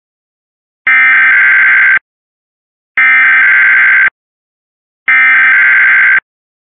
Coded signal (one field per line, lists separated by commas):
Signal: Emergency Alert System (SAME) tones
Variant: header bursts